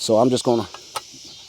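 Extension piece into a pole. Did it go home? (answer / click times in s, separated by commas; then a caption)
yes / 1.0 s. Someone talks briefly while fitting an extension piece onto a pole outdoors. A sharp click at 0.97 s marks the extension locking into place.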